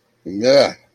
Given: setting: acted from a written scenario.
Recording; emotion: vocal sound without words; disgust